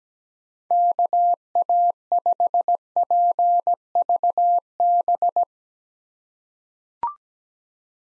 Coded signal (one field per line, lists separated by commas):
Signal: Morse code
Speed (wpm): 17 wpm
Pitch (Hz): 700 Hz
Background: none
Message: KA5PVB